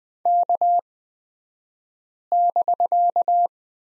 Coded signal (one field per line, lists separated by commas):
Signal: Morse code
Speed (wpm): 20 wpm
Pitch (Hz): 700 Hz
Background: none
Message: K<BK>